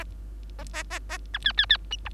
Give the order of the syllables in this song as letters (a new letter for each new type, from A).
A A A A B C C C D